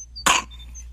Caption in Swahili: Mbona kikohozi chake kinazidi? Kwa anavyopumua inaweza kuwa nimonia. Nimonia inaua, hasa kwa watoto chini ya miaka 5.